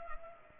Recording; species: mosquito wingbeat signal from an infrared sensor; Culex pipiens